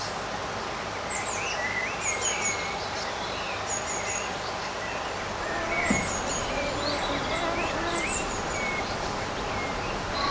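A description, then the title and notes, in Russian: Birds sing in a summer garden, many overlapping calls and short bright whistles and trills scattered throughout the ten seconds. Beneath them runs a steady low rumble of outdoor noise, with a brief louder thump just before the six-second mark. Летний день в саду. Птицы поют свои нежные мелодии.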